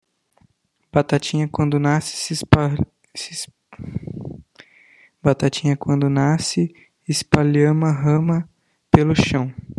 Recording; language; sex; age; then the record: short text; Brazilian Portuguese; male; 18 to 19 years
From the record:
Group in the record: control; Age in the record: 19 years